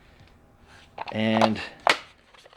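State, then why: Seated. Someone talks as the plastic carrying case of a TekTon 30-piece hex key set is closed. The latch snaps shut with a sharp click at 1.9 s, and the case is latched closed.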